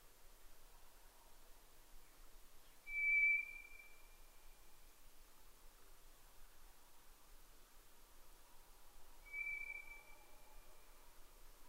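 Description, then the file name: White's thrush song: two sustained monotone whistles several seconds apart, the second softer, over low background hiss. At night, 22:35, 11 June 2011. "DH-D 50-toratugumi-20110611-2235"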